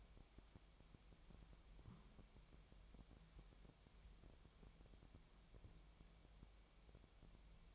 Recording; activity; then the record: daily activity, microphone in the room; wipe stove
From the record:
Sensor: 1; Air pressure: 1007.1 hPa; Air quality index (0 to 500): 204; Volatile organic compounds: 22 ppm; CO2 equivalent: 2752 ppm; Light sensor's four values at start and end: 13/33/13/14 and 13/33/13/14